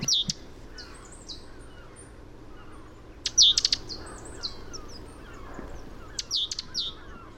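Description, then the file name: Great tit calls: short, high, thin notes in scattered bursts, with a louder cluster of sharp chips near the middle and another near the end, over a low background hum. "Parus major"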